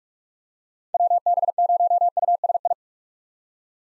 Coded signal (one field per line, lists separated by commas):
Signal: Morse code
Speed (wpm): 47 wpm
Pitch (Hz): 700 Hz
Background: none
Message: WB0USI